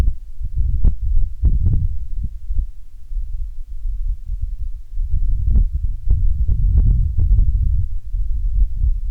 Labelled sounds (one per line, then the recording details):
wind
aircraft
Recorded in the Prudhoe Bay oil fields, Alaska, on 10 June 2019 at 17:54
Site 11